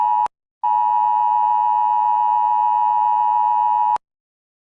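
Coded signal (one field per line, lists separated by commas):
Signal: Emergency Alert System (SAME) tones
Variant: 853 and 960 Hz attention tone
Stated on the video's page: Fictional scenario alert.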